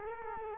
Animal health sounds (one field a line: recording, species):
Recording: mosquito wingbeat signal from an infrared sensor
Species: Culex quinquefasciatus